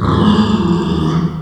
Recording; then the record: squeal of a Yucatan mini pig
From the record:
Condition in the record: after surgery on the right vocal fold (resection and tissue-engineered implant); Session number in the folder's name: 16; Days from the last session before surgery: 183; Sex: female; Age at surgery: 19 weeks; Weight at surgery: 25 kg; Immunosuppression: prednisolone